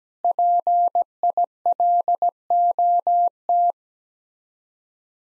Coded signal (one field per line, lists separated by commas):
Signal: Morse code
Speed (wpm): 17 wpm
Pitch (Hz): 700 Hz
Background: none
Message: PILOT